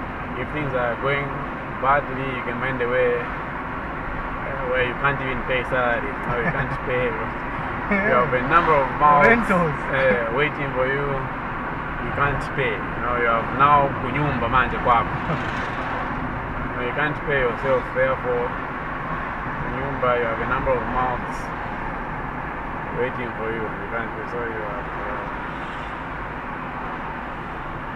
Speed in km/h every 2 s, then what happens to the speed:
62, 62, 62, 64, 65, 65, 63, 63, 62, 62, 60, 57, 57, 56.
0-28 slows to 56.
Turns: none.